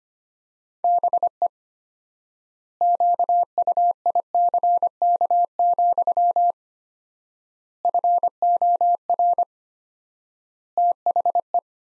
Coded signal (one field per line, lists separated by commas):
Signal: Morse code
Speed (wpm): 25 wpm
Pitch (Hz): 700 Hz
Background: none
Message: BE QUICK, FOR THE